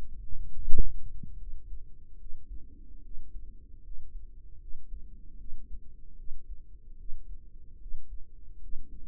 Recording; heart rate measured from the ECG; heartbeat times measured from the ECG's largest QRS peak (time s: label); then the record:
heart sounds by microphone in the right ear; 74 bpm
0.50 s: heartbeat
1.35 s: heartbeat
2.15 s: heartbeat
3.00 s: heartbeat
3.80 s: heartbeat
4.57 s: heartbeat
5.35 s: heartbeat
6.14 s: heartbeat
6.94 s: heartbeat
7.76 s: heartbeat
8.58 s: heartbeat
From the record:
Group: healthy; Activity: rest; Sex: female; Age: 32 years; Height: 168 cm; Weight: 61.9 kg